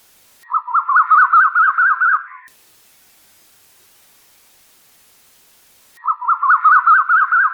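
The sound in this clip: Bird song in short bursts: a fast chatter of repeated notes lasting two seconds, separated by a few seconds of quiet.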